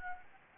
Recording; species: mosquito wingbeat signal from an infrared sensor; Anopheles gambiae